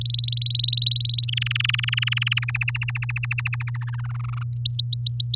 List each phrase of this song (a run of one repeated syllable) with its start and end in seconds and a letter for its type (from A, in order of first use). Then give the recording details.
0.01-1.30 A, 1.32-2.39 B, 2.42-3.70 C, 3.74-4.43 D, 4.53-5.36 E. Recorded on 9 May 2018 at 05:44. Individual llb16